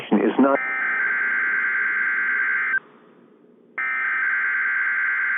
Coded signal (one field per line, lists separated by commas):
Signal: Emergency Alert System (SAME) tones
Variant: header bursts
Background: speech